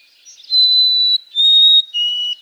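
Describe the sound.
White-throated sparrow whistled song: two sustained pure whistles, the second a touch lower, followed by lower whistled notes.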